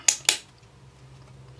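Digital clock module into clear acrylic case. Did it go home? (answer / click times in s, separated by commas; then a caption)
yes / 0.1 s, 0.3 s. A 35490 MI digital clock module, lined up with its larger button slot and smaller USB slot, is pressed into the clear acrylic 35700 BX case panel. Two sharp, loud clicks sound at 0.1 s and 0.3 s, each fading quickly into a low steady hum. The clock board snaps into place and is seated in the case.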